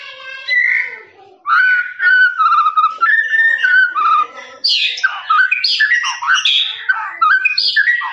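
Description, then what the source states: Lovebird song of harsh squeaky notes, lower at first, then rising into a faster, higher jumble of chirps. Long trilling "ngekek" song used for training birds.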